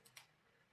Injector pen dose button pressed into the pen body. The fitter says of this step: pushing down the top until it clicks,